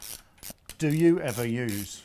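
A torque wrench is worked by hand on a nut or bolt of a Triumph GT6 engine, re-torquing it to 20 lb-ft, with short ratcheting sounds before a sharp click at 0.7 s as the wrench breaks over at its setting. Someone then talks, and the click confirms the fastener has reached torque.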